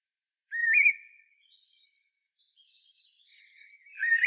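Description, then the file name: Common blackbird song: one fluted whistle trailing into faint high twitters, then a new whistled phrase beginning at the end. "Turdus merula"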